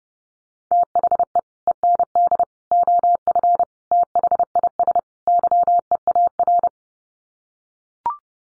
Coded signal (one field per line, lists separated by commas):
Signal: Morse code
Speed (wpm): 30 wpm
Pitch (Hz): 700 Hz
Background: none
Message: THE END OF THIS YEAR